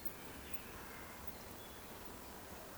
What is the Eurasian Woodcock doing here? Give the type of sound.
whistle